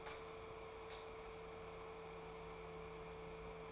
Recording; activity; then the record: daily activity, microphone in the room; light on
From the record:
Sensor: 1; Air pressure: 1014.6 hPa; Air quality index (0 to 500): 173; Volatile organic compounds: 14 ppm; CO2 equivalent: 2442 ppm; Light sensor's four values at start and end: 13/33/13/15 and 16/44/17/19